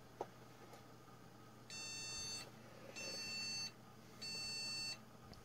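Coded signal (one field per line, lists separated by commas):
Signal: beep code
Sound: three steady, buzzy, high-pitched beeps, each about 0.7 seconds, evenly spaced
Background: fan hum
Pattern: 3 beeps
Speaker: fact that a BIOS beeps is a good start but what does three beeps mean anybody know yeah three beeps means bad memory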